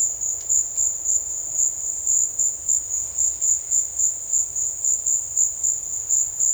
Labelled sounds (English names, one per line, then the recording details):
none
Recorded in dense forest near Puerto Asís, Putumayo, Colombia, on 13 March 2025 at 15:00
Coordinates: 0.481, -76.323
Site G088